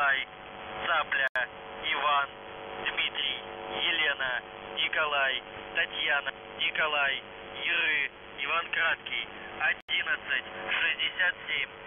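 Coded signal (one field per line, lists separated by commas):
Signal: numbers station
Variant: UVB-76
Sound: a male voice reading a message over a muffled shortwave channel, with a steady low hum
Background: radio static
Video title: The Buzzer/UVB-76(4625Khz) May 7th 2020 15:49UTC Voice message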